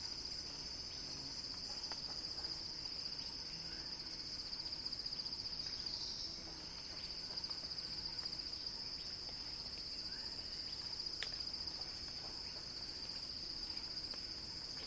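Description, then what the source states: Cicadas drone steadily in a high, hissing buzz for the whole stretch, with a brief swelling whir near the middle and a few faint clicks. Crescendo.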